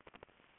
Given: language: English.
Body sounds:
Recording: throat vibration sensor signal played as sound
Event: swallow

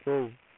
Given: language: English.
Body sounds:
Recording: throat vibration sensor signal played as sound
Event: speech

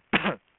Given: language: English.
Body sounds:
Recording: throat vibration sensor signal played as sound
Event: cough

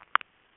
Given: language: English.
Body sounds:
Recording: throat vibration sensor signal played as sound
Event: swallow

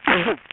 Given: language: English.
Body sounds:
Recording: throat vibration sensor signal played as sound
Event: cough

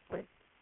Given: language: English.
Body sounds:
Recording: throat vibration sensor signal played as sound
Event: swallow

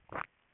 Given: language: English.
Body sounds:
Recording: throat vibration sensor signal played as sound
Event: swallow

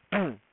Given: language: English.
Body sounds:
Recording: throat vibration sensor signal played as sound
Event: throat clearing

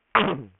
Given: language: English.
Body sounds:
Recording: throat vibration sensor signal played as sound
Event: throat clearing

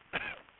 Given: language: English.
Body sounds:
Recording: throat vibration sensor signal played as sound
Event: cough

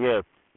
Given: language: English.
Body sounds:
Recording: throat vibration sensor signal played as sound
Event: speech

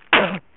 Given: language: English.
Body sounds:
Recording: throat vibration sensor signal played as sound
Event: cough

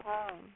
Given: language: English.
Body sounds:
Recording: throat vibration sensor signal played as sound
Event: speech

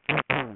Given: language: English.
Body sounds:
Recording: throat vibration sensor signal played as sound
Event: throat clearing

